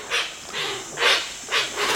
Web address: birdnote-daily- episodio hoatzin